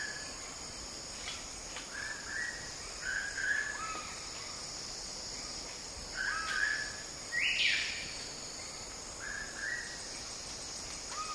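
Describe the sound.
King bird-of-paradise calls: short whistled notes at a mid pitch, given in small clusters at irregular intervals, over a steady high insect drone.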